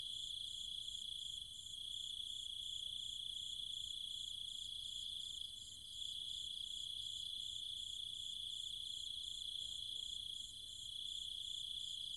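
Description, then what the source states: A steady high-pitched cicada and insect drone carries on throughout, topped by rapid regular pulses, with a few short lulls. Cicadas and other insects calling at night in trees and fields of the countryside near Chiang Mai, Thailand.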